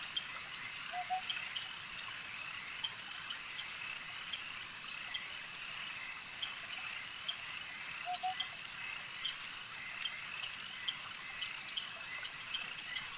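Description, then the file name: Insects droning in a constant high trilling chorus, while two brief lower chirping bursts appear near the start and past the middle over the steady wash. Insect swarm ambience. "Elijah Wagner - Relaxing Insect Swarm Ambience"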